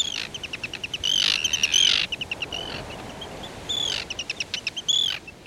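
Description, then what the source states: Arctic Tern calls, harsh high chattering notes in rapid series with louder grating bursts, over a steady hiss of background noise. Long-distance migrant; nests across the far northern reaches of the continent in summer, flies south to Antarctica for the rest of the year; round trip up to 50,000 miles yearly.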